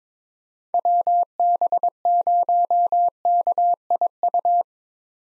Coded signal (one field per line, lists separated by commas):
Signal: Morse code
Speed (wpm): 22 wpm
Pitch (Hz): 700 Hz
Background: none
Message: WB0KIU